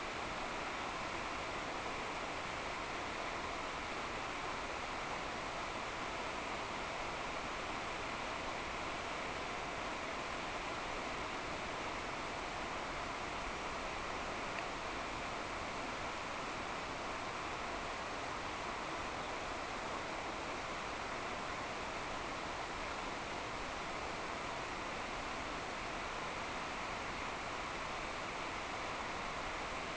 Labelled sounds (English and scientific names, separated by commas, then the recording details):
none
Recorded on Arctic tundra, site NAIT-1, on 26 June 2018
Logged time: 09:00